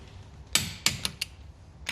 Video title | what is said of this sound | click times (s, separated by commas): MK2 Focus ST Get Wheel Spacers ! | make sure you hear the clicks | 0.6 s, 0.9 s